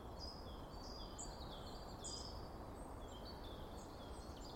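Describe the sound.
Bird song: faint, short high chirps and whistled notes scattered throughout over a steady low rumbling hiss.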